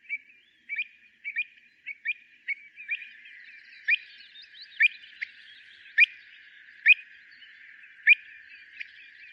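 Bird giving sharp rising chirps, several close together early on, then slower single notes roughly every second, with soft twittering beneath.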